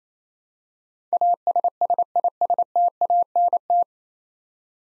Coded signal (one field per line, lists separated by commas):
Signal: Morse code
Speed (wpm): 27 wpm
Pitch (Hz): 700 Hz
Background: none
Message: ASSISTANT